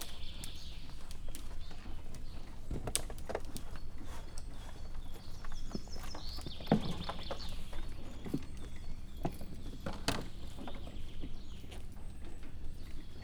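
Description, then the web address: Père David's deer joint clicking, crisp clicks scattered unevenly throughout over a steady low rumble. Captive animal in a zoo in Miskolc, recorded 2018; crackling sound of the deer's leg joints. "david szarvas ropogolazaizuletek miskolczoo"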